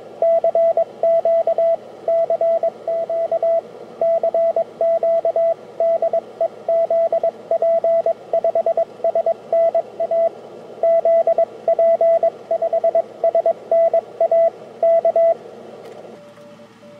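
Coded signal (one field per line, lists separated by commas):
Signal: Morse code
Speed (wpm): 21 wpm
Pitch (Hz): 670 Hz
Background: radio noise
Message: CQ CQ CQ DE ZP5SNA ZP5SNA K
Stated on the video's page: 6 m (50 MHz) CW contact between Paraguay and England, beginning with CQ calls.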